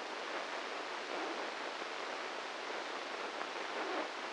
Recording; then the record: brain microelectrode recording played as sound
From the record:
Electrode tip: inside the subthalamic nucleus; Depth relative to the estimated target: -2 mm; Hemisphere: right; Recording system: NeuroSet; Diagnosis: Parkinson's disease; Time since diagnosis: 8 years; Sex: male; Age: 58 years